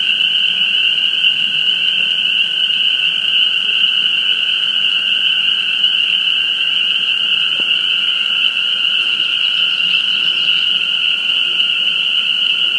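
Spring peeper chorus, a continuous piercing wall of high peeps, alongside a quieter lower sustained tone throughout.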